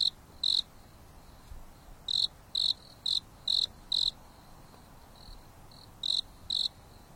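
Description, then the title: Insect chirps, a lone pair, then a run of five crisp pulses, then softer chirps and a final pair, all at one high pitch over light background hiss. Insects singing leisurely at night under a starry sky on a mountain top, with a gentle breeze blowing. "There is a gentle breeze blowing on the top of the mountain under the starry sky, and the insects are singing leisurely."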